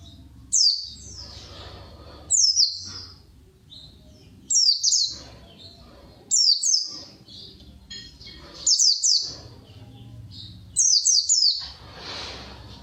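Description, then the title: White-eye song in short high bursts of three or four quick falling notes, repeated about every two seconds over a low background hum. Song style described as ngalas ngeroll. "Kumpulan Pleci Ngalas Ngeroll"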